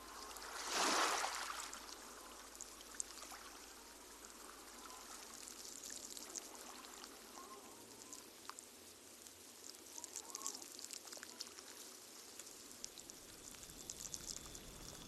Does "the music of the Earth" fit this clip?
yes